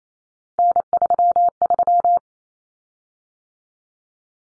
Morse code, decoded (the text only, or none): N33